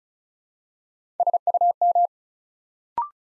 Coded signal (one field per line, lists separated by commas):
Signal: Morse code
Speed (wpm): 36 wpm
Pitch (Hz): 700 Hz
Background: none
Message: SUM